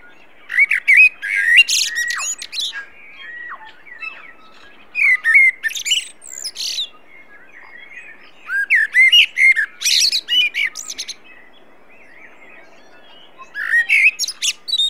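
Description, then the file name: Common blackbird song with four phrases spaced a few seconds apart, each a low fluty whistle running into thin, high-pitched squeaks and twitters. "Turdus merula"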